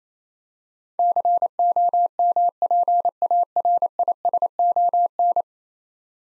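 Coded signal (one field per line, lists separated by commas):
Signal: Morse code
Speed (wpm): 29 wpm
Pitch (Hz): 700 Hz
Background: none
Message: COMPARISON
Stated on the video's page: Morse practice drill of ten-letter words at 28 wpm for head-copy, each word sent, spoken, then sent again.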